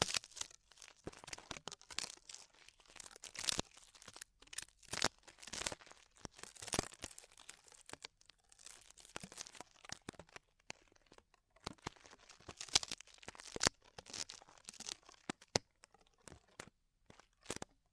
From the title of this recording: Extremely Tingly Ear Exploration